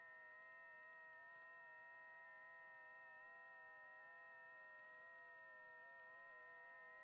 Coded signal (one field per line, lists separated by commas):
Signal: FT8